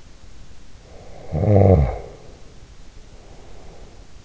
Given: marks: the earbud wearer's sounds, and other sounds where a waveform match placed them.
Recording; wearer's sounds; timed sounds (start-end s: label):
sounds in sleep by an in-ear microphone; snoring breath
0.73-4.16 s: snoring breath